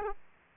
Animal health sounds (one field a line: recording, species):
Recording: mosquito wingbeat signal from an infrared sensor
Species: Aedes aegypti